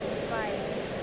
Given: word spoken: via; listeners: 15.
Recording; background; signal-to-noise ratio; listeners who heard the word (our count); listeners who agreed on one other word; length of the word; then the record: one English word in noise, from a listening test; speech-shaped noise; -4.0 dB; 0 of 15; 11 of 15; 0.63 s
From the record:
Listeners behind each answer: 11, 1, 1, 1, 1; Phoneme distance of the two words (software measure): 10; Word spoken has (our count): 2 syllables, 3 phonemes, stress on syllable 1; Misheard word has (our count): 2 syllables, 3 phonemes, stress on syllable 1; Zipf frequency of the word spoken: 4.12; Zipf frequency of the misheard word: 5.18